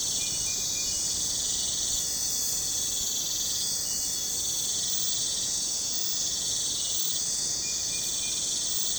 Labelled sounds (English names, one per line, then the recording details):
none
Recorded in pastures near Puerto Asís, Putumayo, Colombia, on 26 December 2024 at 04:00
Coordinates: 0.466, -76.322
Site G040